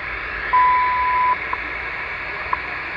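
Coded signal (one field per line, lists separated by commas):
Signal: radio time signal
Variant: WWV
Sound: hissy static, a long 1 kHz beep, then two short ticks a second apart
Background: radio static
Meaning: The long 1000 Hz tone marks the start of a new minute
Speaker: so WWV in Fort Collins Colorado on the good old realistic dx100 analog receiver and I'm plugged on the end fed antenna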